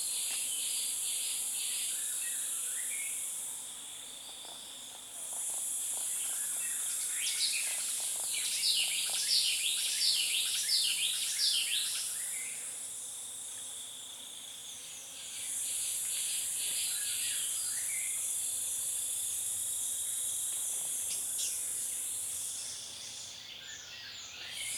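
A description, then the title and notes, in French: A forest chorus on the slopes of Mount Cameroon: a shrill, steady insect drone fills the air, cutting out for a few seconds around 4, 13 and 23 seconds. Birds chirp and trill throughout, busiest between about 7 and 12 seconds, over a faint low rumble. Naturophonie - NAT046_Sur les pentes du mont Cameroun_FDeroussen. Format WAV haute définition (48khz-24bits). En immersion sonore sur les pentes du mont Cameroun dans une forêt des nuages à 1000 m d'altitude.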